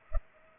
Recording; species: mosquito wingbeat signal from an infrared sensor; Culex pipiens